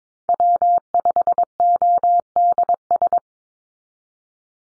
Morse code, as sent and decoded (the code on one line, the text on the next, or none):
.-- ..... --- -.. ...
W5ODS